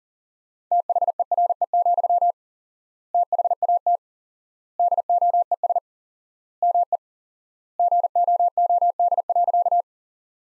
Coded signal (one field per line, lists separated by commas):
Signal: Morse code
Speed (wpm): 37 wpm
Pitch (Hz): 700 Hz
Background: none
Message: THERE, THAT DOES ME GOOD.